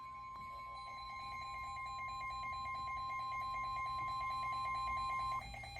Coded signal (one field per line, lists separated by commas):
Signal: Emergency Alert System (SAME) tones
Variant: 1050 Hz attention tone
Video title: EAS#13 special Marine warning